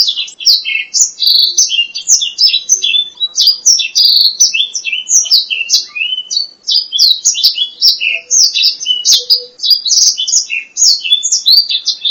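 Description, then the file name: Black-throated laughingthrush singing a long, unbroken stream of rapid, varied whistles and chirps, bright and high, with sharp clicks between notes. "suara kicauan burung blacksang. omkicau"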